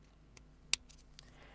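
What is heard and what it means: A second watch strap end is pushed into the other side of a Xiaomi Smart Band 10 Pro fitness tracker body. It snaps home with one sharp click at 0.7 s, with a few faint ticks around it. The band is seated.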